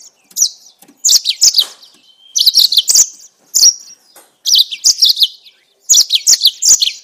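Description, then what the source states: Yellow-fronted canary giving spaced phrases of high, sharp chirps and twittering slurs, with short silences between. Mozambique singer used for training captive birds.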